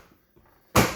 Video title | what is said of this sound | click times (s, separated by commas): E-Z SINK Honest Review | and it locks into place. | 0.8 s